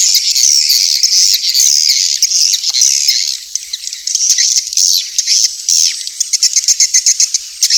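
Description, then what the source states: Swiftlet calls, dense buzzy twittering that gives way to rapid repeated clicks near the end. Used for swiftlet farming in Asia.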